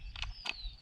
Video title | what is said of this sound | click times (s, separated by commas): Ryobi 2,000-PSI 1.2 GPM Electric Pressure Washer Review - Is It Any Good? | put it in make sure it's locked into place | 0.2 s, 0.5 s